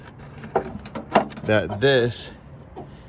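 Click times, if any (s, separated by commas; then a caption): none. A bulb socket is pushed against an aftermarket tail light housing for a 1996–2000 Honda Civic, making a few knocking taps between about 0.4 and 1.2 seconds while someone talks. The socket doesn't fit, and nothing has locked or clicked into place.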